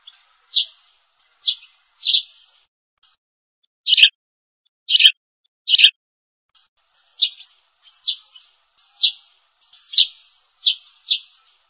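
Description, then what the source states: Sparrow chirps, loud high notes spaced unevenly in short groups separated by gaps, then a steadier run of single chirps. Sparrow chirps used as a lure call.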